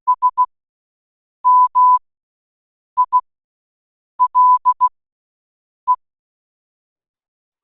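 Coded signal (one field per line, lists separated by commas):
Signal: Morse code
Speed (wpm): 16 wpm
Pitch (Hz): 1000 Hz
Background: none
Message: SMILE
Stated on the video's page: Morse code taught in a children's homeschooling spy lesson.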